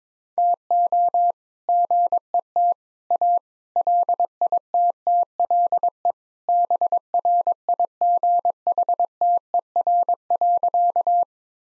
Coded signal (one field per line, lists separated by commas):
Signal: Morse code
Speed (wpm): 22 wpm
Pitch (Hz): 700 Hz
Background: none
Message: TO GET A LITTLE BRIGHTER.